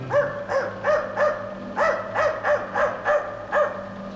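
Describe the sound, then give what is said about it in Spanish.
A dog wearing cardboard horns, brought out in a bullring plaza on a sunny Sunday afternoon, barks about ten times in quick, steady succession, with a brief pause after the first four. The barks are fairly loud, mid-pitched and slightly hoarse, with a low hum beneath them. “Que saquen al perro con cuernos de cartón.”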